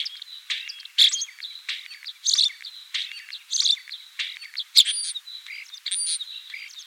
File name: Skvorec obyknovennyj Sturnus vulgaris - (Zvyki com)